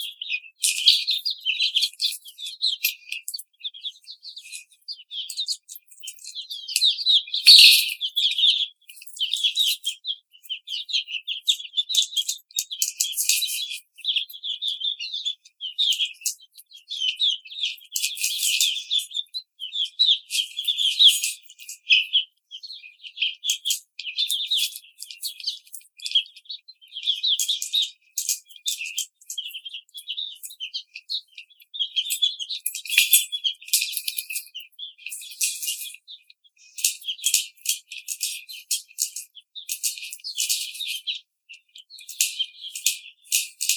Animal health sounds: young laying hens in a cage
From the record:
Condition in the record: treatment cage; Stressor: simulated dog barking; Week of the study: 5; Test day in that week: 1

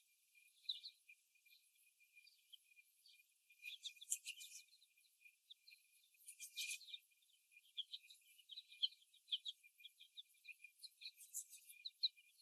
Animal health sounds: young laying hens in a cage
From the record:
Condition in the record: after the stressor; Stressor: simulated dog barking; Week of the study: 1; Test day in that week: 1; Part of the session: 4

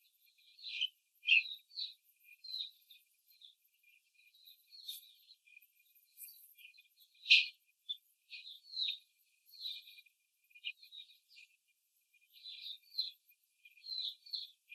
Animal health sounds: young laying hens in a cage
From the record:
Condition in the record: control cage, after the stress test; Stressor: none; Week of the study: 4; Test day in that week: 3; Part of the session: 1

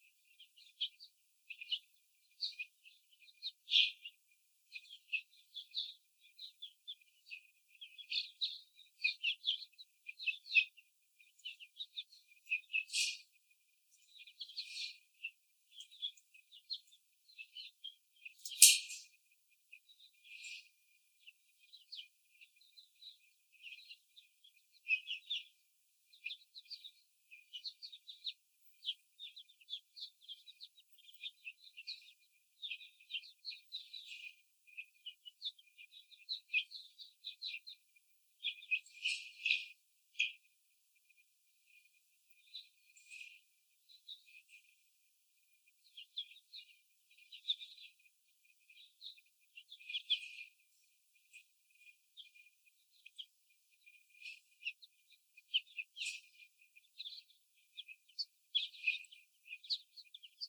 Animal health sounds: young laying hens in a cage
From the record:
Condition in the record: before the stressor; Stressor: simulated dog barking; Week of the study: 4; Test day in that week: 2

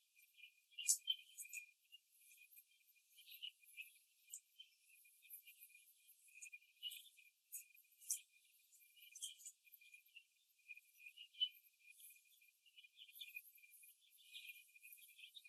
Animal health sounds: young laying hens in a cage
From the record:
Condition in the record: after the stressor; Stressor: simulated dog barking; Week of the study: 2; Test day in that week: 2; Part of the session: 4

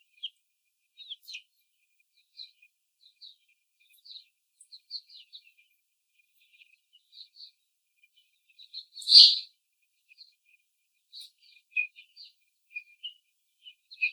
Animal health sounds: young laying hens in a cage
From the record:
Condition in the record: before the stressor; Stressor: sudden umbrella opening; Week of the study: 3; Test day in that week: 2

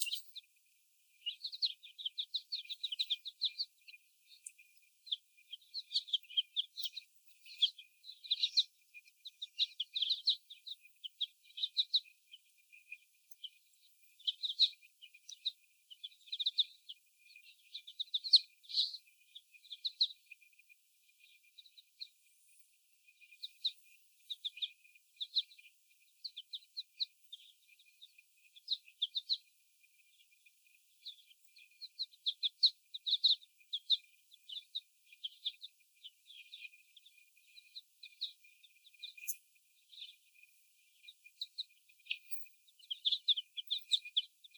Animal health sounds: young laying hens in a cage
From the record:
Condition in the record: before the stressor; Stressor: sudden umbrella opening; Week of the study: 1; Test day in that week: 1

